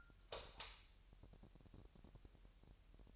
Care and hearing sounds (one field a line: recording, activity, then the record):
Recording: daily activity, microphone in the room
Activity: light on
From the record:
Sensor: 2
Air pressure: 1001.8 hPa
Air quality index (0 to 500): 240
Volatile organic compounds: 31 ppm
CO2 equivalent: 2977 ppm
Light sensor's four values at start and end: 4/10/4/4 and 8/23/9/9